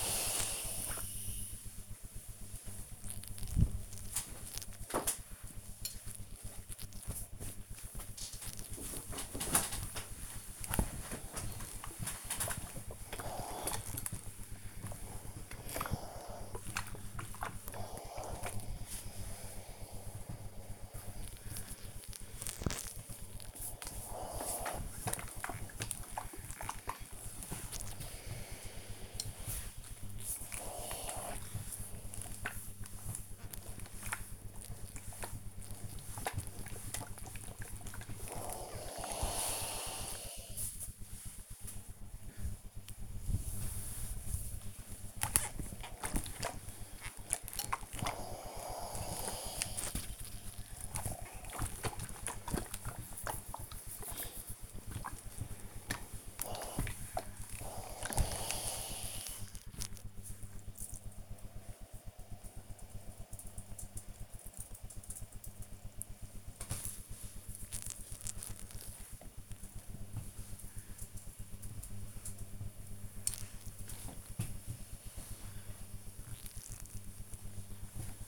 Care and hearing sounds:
household activities, microphone on the right wrist
0.00-58.99 s: ironing laundry
66.02-78.27 s: folding laundry

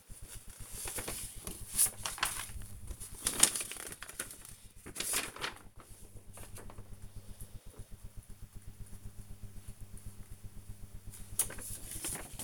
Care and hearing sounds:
household activities, microphone on the right wrist
0.00-12.44 s: sorting documents

